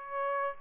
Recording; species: mosquito wingbeat signal from an infrared sensor; Aedes aegypti